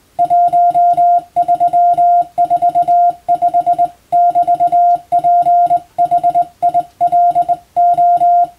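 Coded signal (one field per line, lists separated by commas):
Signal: Morse code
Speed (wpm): 20 wpm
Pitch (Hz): 700 Hz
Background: none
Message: 1345<BT>PHILO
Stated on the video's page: Morse sent with a telegraph key as training for the radiotelegraph operator licence exam, using English-text telegram practice material; also for amateur reception practice.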